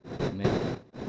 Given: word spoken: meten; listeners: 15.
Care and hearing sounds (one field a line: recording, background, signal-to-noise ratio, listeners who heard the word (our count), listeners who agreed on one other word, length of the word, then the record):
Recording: one Spanish word in noise, from a listening test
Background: noise modulated by one talker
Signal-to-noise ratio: -10.0 dB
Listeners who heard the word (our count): 0 of 15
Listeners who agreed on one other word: 6 of 15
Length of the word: 0.69 s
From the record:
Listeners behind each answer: 6, 3, 2, 1, 1, 1, 1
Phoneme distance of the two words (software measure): 27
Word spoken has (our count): 2 syllables, 5 phonemes, stress on syllable 1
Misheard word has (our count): 2 syllables, 4 phonemes, stress on syllable 1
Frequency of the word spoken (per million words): 4.65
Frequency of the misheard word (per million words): 141.30